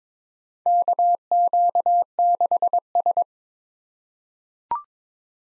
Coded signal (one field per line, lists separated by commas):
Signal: Morse code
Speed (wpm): 22 wpm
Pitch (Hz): 700 Hz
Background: none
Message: KQ6S